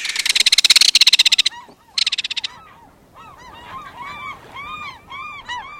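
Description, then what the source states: Belted kingfisher's loud, harsh rattle, two fast dry bursts, followed by softer overlapping curved calls from other birds. Loud rattling call fired up and down the beach, interrupting the guillemots' soft song.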